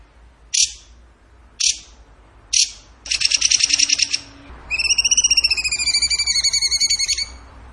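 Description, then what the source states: Bird song with three sharp isolated chips about a second apart, followed by a rapid rattling trill and then a long run of fast, high whistled notes. Masteran (training recording) in the tembakan gacor song style.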